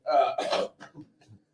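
An adult man's smoker's cough: two loud, harsh coughs come back to back within about two-thirds of a second, followed by three softer, brief throat sounds as the cough trails off.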